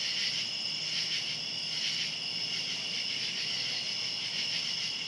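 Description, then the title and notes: Cicadas in a steady chorus, a dense high buzz with two bright bands that swell and fade slightly. Cicadas calling outdoors at night. "Ext. Cicadas, Night by Bandeto"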